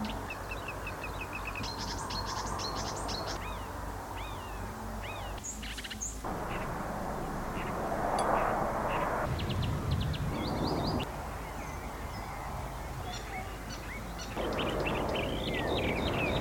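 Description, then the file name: Marsh warbler song: fast, varied chattering phrases of trills, slurs and chips, broken by sudden changes in background noise. "Verderolle montage"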